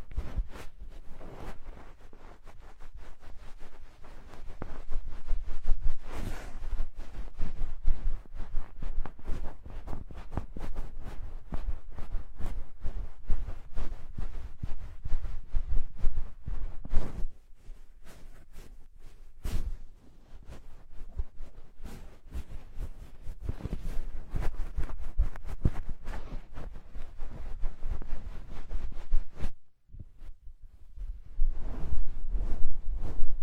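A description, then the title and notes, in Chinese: A dry hair wash: dense crackling and scratchy rustling of fingers through hair runs steadily throughout, with a brief pause near thirty seconds. 发廊小姐姐为你的头发做干洗。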